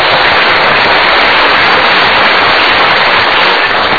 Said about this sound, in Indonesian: So kita berikan tepuk tangan dulu.